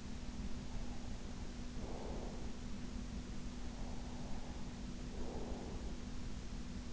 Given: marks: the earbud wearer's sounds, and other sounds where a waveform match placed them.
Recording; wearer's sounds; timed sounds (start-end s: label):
sounds in sleep by an in-ear microphone; breath
0.35-2.93 s: breath
3.58-6.16 s: breath